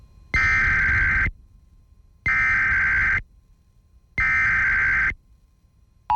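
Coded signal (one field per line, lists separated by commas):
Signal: Emergency Alert System (SAME) tones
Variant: header bursts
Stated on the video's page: Tornado warning EAS activations aired on a news and talk radio station during a hurricane.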